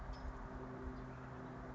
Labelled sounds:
California Towhee (Melozone crissalis)
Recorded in Sonoma County, California

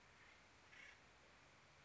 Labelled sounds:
Acorn Woodpecker (Melanerpes formicivorus)
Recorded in Sonoma County, California

